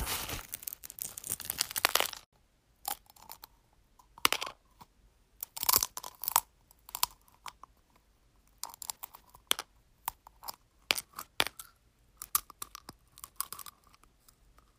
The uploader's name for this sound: ASMR Crunching Eggs